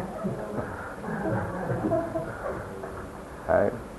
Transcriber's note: laughter